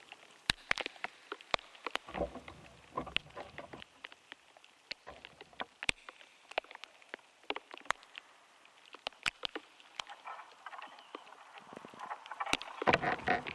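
Sounds from inside an ash tree: sharp, dry clicks and pops that arrive irregularly throughout, some loud and some faint. Denser crackling patches with a low rustling undertone swell around two to four seconds and again over the final two seconds.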